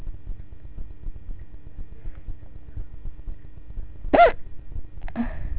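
After a quiet background hum, an adult gives one sharp, abrupt voiced 'hic', then a fainter second catch: hiccups.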